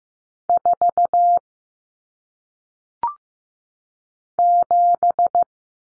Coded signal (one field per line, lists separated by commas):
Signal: Morse code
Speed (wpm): 15 wpm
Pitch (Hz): 700 Hz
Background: none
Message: 4 7